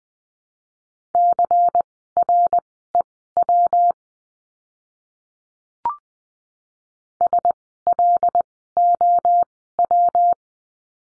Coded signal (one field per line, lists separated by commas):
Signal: Morse code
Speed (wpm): 20 wpm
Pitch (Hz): 700 Hz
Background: none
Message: CREW SLOW